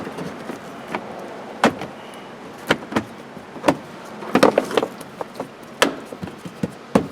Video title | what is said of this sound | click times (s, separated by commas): Rear Struts Replacement 2002-2005 Hyundai Accent | And now this piece here, you just put it back in here, slide it back under, and these little tabs, they just snap right in. | 1.6 s, 2.7 s, 4.4 s, 5.8 s